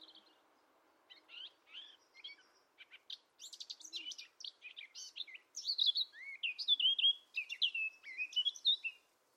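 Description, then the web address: Songbird warbling: after a quiet start, scratchy chattering phrases build into louder, sweeter whistled notes that rise and fall through the second half. "cianscape birddata Deverinetal 2025"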